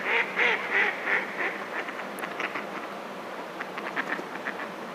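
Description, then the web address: Mallard quacks: five quick nasal quacks in a steady run, about three a second, then fading into a busy chatter of many overlapping short calls. "izumino saunndo magamo"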